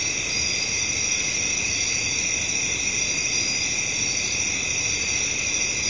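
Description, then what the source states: Crickets chirping densely at high pitch, a constant layered trill with no breaks, and a faint low background hum. Night-time crickets in a residential area, with traffic in the background.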